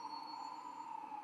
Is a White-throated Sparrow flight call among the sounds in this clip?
no